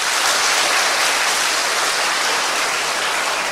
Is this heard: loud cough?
no